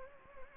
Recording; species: mosquito wingbeat signal from an infrared sensor; Anopheles gambiae